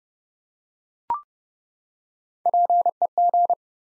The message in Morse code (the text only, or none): PEG